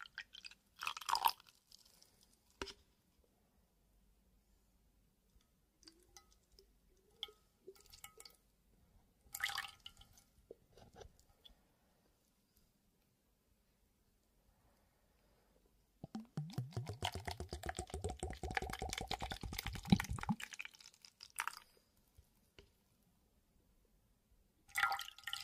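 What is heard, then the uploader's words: Water is poured into a glass in short splashes near the start and around ten seconds, with scattered drips between. From about sixteen to twenty seconds a longer pour gurgles with a steadily shifting tone, and a brief splash ends the clip. WATER Pouring Liquid Glass Sounds.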